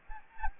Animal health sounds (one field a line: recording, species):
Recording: mosquito wingbeat signal from an infrared sensor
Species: Anopheles gambiae